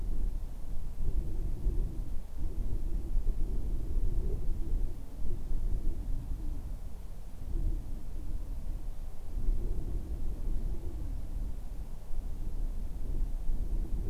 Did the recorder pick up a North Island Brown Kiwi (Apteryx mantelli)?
no